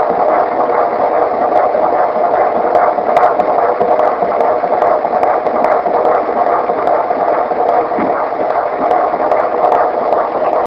Heartbeat.